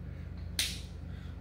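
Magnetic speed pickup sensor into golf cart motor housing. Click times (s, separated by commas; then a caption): 0.6 s. A magnetic speed pickup sensor is clipped into its housing on a Club Car golf cart motor. A low steady hum runs throughout, and a single sharp snap at 0.6 s marks the sensor seating in place.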